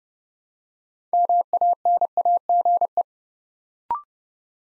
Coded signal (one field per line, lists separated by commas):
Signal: Morse code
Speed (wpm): 31 wpm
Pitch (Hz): 700 Hz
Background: none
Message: MANAGE